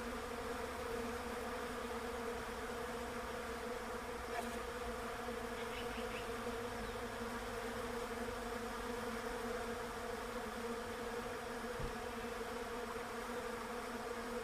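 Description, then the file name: Bees humming in a constant drone, with a faint cluster of high notes partway through. Bees in a Russian olive tree. "romancito bees-in-a-russian-olive-tree"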